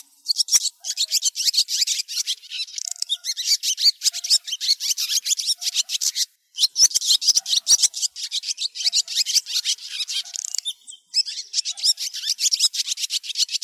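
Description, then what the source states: Swallows calling, a continuous stream of quick, high, squeaky twitters, broken by a few short silences. Calling to the flock.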